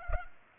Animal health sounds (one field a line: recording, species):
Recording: mosquito wingbeat signal from an infrared sensor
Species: Culex pipiens